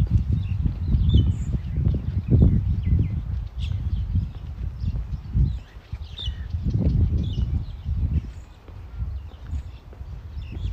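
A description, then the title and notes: A walk in a city park in Modiin, Israel: heavy low rumbling and thudding footsteps throughout, with faint bird chirps scattered above. City Park Sounds. Walking In Modiin, Israel.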